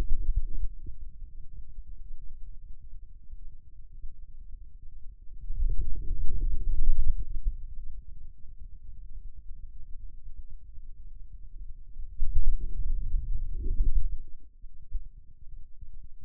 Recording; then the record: forearm muscle sounds (acoustic myography)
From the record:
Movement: wrist flexion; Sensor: system 2, bracelet of six BSWA MPA416 microphones around the upper forearm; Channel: 6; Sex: male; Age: 22 years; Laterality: right